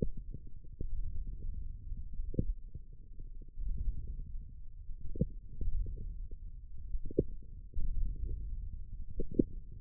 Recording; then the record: forearm muscle sounds (acoustic myography)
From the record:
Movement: wrist flexion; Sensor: system 1, eight BSWA MPA416 microphones around the upper forearm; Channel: 3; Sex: male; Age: 18 years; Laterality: right